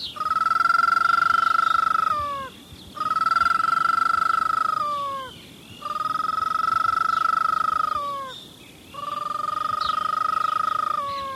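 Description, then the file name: Ash-throated crake giving loud, nasal, sustained notes, each lasting about two and a half seconds and ending in a slight downward slur, repeated four times with short pauses. "canto da sana carijo"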